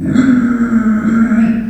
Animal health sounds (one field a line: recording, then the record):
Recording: squeal of a Yucatan mini pig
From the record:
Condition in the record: after surgery on the right vocal fold (resection and tissue-engineered implant)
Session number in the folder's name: 3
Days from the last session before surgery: 21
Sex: female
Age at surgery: 19 weeks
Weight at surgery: 25 kg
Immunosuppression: prednisolone